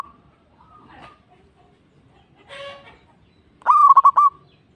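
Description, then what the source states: Zebra dove song: one loud, rolling, stuttered coo phrase near the end, after a few faint, indistinct sounds. Local bird.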